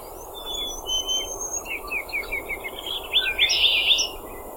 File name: Ruby-crowned warbler song